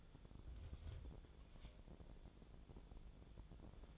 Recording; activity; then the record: daily activity, microphone in the room; take from stove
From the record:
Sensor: 5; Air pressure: 1000.1 hPa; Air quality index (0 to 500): 95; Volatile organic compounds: 1 ppm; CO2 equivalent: 778 ppm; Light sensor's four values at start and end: 286/666/291/326 and 288/673/293/329